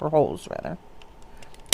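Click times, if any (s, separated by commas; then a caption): 1.7 s. Someone talks as the hand part of a die-cast model figure is pressed onto its four glued mounting posts, with a few faint ticks before it. The hand snaps into place with one sharp, loud click at 1.7 s and is seated.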